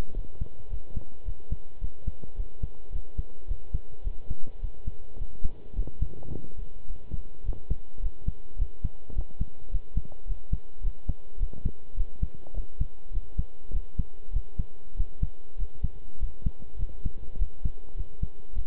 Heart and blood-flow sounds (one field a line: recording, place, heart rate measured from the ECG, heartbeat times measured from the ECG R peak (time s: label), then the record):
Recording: heart sounds by stethoscope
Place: between the tricuspid and mitral areas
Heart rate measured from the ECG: 104 bpm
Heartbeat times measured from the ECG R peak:
0.14 s: heartbeat
0.69 s: heartbeat
1.25 s: heartbeat
1.80 s: heartbeat
2.36 s: heartbeat
2.91 s: heartbeat
3.47 s: heartbeat
4.03 s: heartbeat
4.60 s: heartbeat
5.18 s: heartbeat
5.75 s: heartbeat
6.31 s: heartbeat
6.87 s: heartbeat
7.44 s: heartbeat
8.01 s: heartbeat
8.57 s: heartbeat
9.14 s: heartbeat
9.71 s: heartbeat
10.26 s: heartbeat
10.82 s: heartbeat
11.38 s: heartbeat
11.96 s: heartbeat
12.54 s: heartbeat
13.12 s: heartbeat
13.72 s: heartbeat
14.32 s: heartbeat
14.96 s: heartbeat
15.57 s: heartbeat
16.19 s: heartbeat
16.78 s: heartbeat
17.38 s: heartbeat
17.96 s: heartbeat
18.54 s: heartbeat
From the record:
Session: pedaling a stationary bicycle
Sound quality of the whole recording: good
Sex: male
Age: 23 years